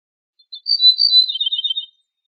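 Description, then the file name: Ortolan bunting song: a single high phrase of slurred notes that drops into a quick run of short lower notes, lasting about one and a half seconds, with no other sounds. "suara kicauan ortolan"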